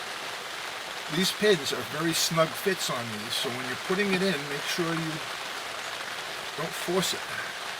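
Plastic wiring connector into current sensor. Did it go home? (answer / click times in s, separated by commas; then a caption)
no / none. A snug-fitting plastic wiring connector is handled near a current sensor, about to be pushed in without forcing, while someone talks over a steady background hiss. Nothing has seated or clicked yet.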